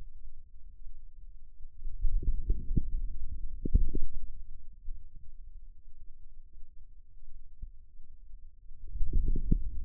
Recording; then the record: forearm muscle sounds (acoustic myography)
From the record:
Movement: outward rotation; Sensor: system 2, bracelet of six BSWA MPA416 microphones around the upper forearm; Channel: 2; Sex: male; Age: 22 years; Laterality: right